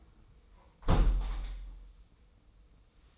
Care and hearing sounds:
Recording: daily activity, microphone in the room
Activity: close window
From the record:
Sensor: 1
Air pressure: 990.3 hPa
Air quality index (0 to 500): 173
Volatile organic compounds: 1000 ppm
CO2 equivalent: 6351 ppm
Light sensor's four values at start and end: 21/48/21/22 and 21/48/21/22

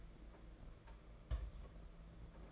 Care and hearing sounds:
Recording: daily activity, microphone in the room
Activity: place on stove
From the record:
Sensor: 5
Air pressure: 992.1 hPa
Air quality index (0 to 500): 210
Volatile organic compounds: 1000 ppm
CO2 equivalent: 6098 ppm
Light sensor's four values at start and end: 6/15/6/6 and 6/15/6/6

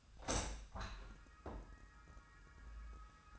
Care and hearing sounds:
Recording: daily activity, microphone in the room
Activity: open window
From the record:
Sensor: 2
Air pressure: 1004.7 hPa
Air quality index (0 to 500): 87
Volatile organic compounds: 2 ppm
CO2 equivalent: 1041 ppm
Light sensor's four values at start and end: 6/14/5/6 and 6/15/6/6

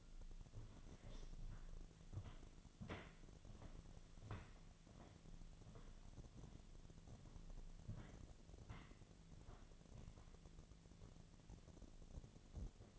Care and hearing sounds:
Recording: daily activity, microphone in the room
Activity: walk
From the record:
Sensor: 4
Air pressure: 1009.1 hPa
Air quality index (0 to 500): 169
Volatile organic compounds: 4 ppm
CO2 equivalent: 1701 ppm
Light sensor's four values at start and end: 24/75/28/27 and 24/75/29/28

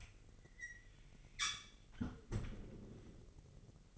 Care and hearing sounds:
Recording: daily activity, microphone in the room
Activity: close fridge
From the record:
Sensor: 4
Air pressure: 1002.8 hPa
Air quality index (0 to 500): 244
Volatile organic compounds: 18 ppm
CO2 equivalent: 2616 ppm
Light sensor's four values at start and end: 4/9/3/4 and 4/10/3/4

